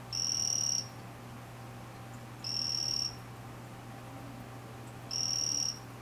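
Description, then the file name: Vanzolini's poison frog repeating a short, high-pitched buzzy trill about every two and a half seconds, three calls in all, with a low steady hum throughout. "Ranitomeya Vanzolinii calling"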